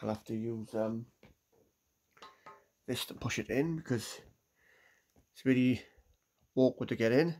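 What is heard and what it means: A small card, likely a SIM card, is lined up at the slot of a tiny flip phone while someone talks and reaches for a tool to push it in, because it is really awkward to get in. Faint handling taps come at about 1.2, 2.2 and 2.5 seconds. Nothing has seated or clicked yet.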